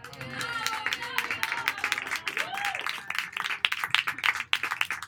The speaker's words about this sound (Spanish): Un aplauso para él.